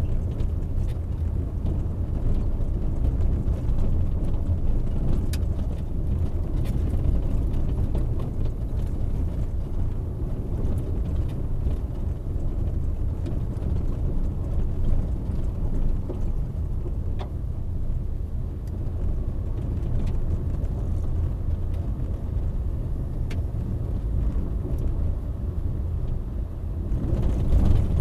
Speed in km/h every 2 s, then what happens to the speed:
20, 21, 18, 19, 21, 22, 23, 22, 20, 22, 24, 26, 25, 23.
0-17 steady at about 21. 17-22 speeds up to 26. 22-28 steady at about 25.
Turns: none.